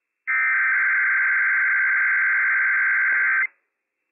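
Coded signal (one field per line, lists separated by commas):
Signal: Emergency Alert System (SAME) tones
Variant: header bursts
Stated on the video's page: Real Required Weekly Test on NOAA Weather Radio with operational EAS tones.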